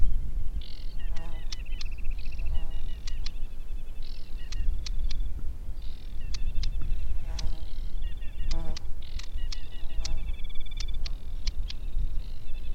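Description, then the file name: Aquatic warbler song: repeated dry rattles and buzzy trilled phrases throughout, mixed with sharp ticking clicks and constant low background rumble. "Aquatic Warbler - Acrocephalus paludicola"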